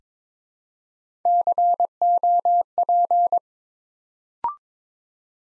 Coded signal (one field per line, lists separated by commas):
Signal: Morse code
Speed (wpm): 22 wpm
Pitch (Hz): 700 Hz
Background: none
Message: COP